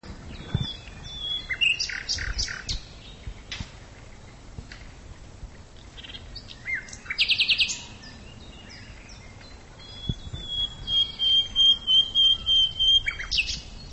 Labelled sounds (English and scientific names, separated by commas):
Common Nightingale (Luscinia megarhynchos) song